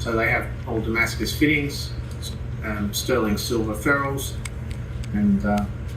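A handmade folding click knife with Damascus fittings and sterling silver ferrules is handled while someone talks over a steady low hum. The blade has not yet clicked into place against its handle spring; nothing has seated or clicked yet.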